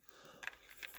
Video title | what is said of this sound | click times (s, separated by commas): Beretta APX 4.5mm CO2 | It does insert with a really nice positive click, | 0.5 s